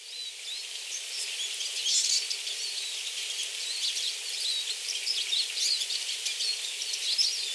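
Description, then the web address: Eurasian siskin song: continuous high twitter of thin chips and wheezy squeaks, one louder buzzy burst early on. Recorded at Tatsuno, Japan, on 18 March 2024. "koe mahiwa 240318 tatsuno kuroda"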